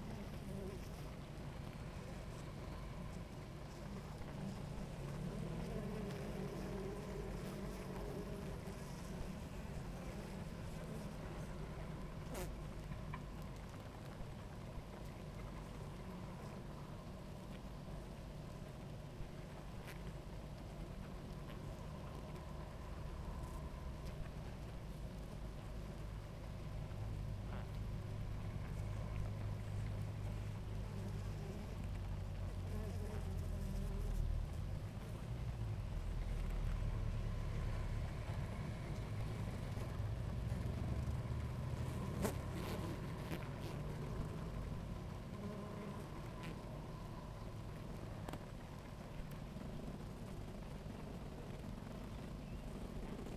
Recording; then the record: honeybee colony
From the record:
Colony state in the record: active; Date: 28 July 2017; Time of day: 17:38